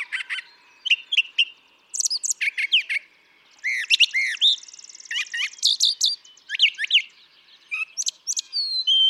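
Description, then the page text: Brown thrasher song, a continuous string of varied, sharply changing phrases, some whistled and arched, some harsh and buzzy, delivered in quick succession with brief gaps. Same male recorded over about three and a quarter hours; long song sequence with a repertoire estimated at about 1300 songs; includes imitations of other species; Atlanta, Michigan, March 28, 2017. "Brown thrasher. ♫411. March 28, 2017. Atlanta, Michigan"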